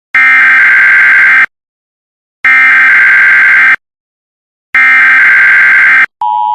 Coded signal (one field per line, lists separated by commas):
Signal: Emergency Alert System (SAME) tones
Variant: header bursts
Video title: EAS Tornado Warning In Wyoming